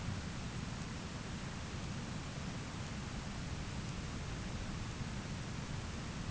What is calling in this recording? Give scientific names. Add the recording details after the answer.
none. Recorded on Arctic tundra, site ZACK-1, on 13 June 2019. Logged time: 09:49